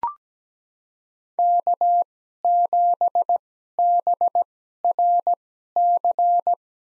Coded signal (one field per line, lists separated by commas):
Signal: Morse code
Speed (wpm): 17 wpm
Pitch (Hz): 700 Hz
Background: none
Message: K7BRC